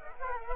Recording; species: mosquito wingbeat signal from an infrared sensor; Culex quinquefasciatus